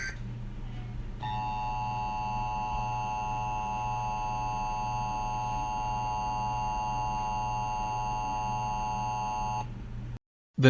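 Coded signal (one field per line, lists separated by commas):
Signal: Emergency Alert System (SAME) tones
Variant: 853 and 960 Hz attention tone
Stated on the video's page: Fictional EAS scenario built from borrowed sounds and videos.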